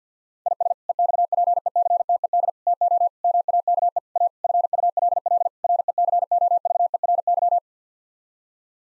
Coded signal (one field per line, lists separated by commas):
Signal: Morse code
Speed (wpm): 50 wpm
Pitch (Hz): 700 Hz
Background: none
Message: IS EXPECTED TO MAKE A FULL RECOVERY